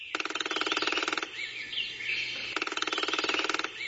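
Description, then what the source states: Northern flicker: two long bursts of fast, loud, evenly repeated pulses separated by a pause. A sound that can wake people; largish ant-eating woodpecker of open woodlands, savannas and forest edges throughout North America.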